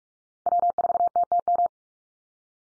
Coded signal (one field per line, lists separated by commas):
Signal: Morse code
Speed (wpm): 44 wpm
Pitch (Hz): 700 Hz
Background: none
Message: W4TTM